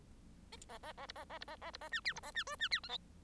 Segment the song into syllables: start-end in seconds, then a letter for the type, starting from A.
0.68-0.78 A, 0.82-0.92 A, 0.97-1.06 A, 1.08-1.12 B, 1.15-1.25 A, 1.29-1.38 A, 1.40-1.44 B, 1.47-1.56 A, 1.61-1.71 A, 1.73-1.77 B, 1.81-1.89 A, 1.91-2.00 C, 2.04-2.13 D, 2.15-2.20 B, 2.22-2.31 A, 2.34-2.44 C, 2.46-2.56 E, 2.59-2.68 C, 2.71-2.80 D, 2.83-2.89 F, 2.89-2.97 G